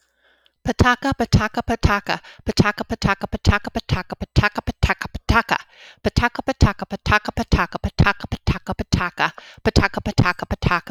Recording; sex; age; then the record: repeated syllables /pa ta ka/; female; 40 to 49 years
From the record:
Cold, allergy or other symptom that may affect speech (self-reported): no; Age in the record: 48 years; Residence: Minnesota, United States